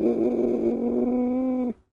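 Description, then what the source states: Domestic cat yowl: one steady, nasal, drawn-out tone, wavering slightly at the start, held for under two seconds and then cut off abruptly. An angry cat.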